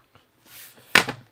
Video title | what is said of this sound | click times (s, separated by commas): LIVE Ab roller unboxing and review!! | It automatically snaps into place. | 1.0 s